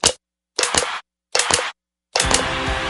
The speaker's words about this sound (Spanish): Hemos descubierto que detrás del sonido que produce la nueva botella EcoPack 100% reciclada, 100% reciclable de agua cristal, se esconden otros sonidos de sus vidas pasadas.